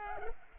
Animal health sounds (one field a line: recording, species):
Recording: mosquito wingbeat signal from an infrared sensor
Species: Culex pipiens